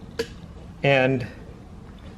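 A car door lock cylinder is pressed back into its place in the door handle housing, and it snaps into place with a single sharp click at 0.2 s, showing it is seated. Someone talks briefly afterward.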